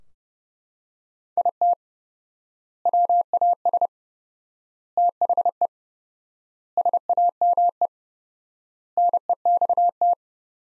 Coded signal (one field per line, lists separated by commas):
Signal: Morse code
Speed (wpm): 30 wpm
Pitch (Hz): 700 Hz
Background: none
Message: IT WAS THE SAME NEXT